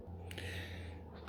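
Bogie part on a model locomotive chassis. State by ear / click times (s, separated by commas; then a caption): seated / 0.3 s, 0.4 s. A plastic bogie part is pressed back onto the chassis of a Hattons Original Class 66 model diesel locomotive during reassembly, after its spring details were removed to stop the model wobbling. Over a steady low hum, sharp short clicks at 0.3 s and 0.4 s mark the part snapping into place, and a softer knock follows near the end. The bogie part is seated.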